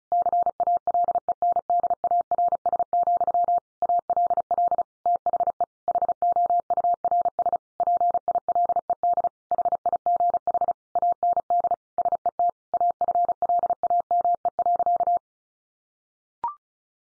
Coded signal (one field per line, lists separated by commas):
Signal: Morse code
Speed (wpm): 34 wpm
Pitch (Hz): 700 Hz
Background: none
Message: CALENDARS, ALL THE HOURS PILED HIGH AND SET AFLAME.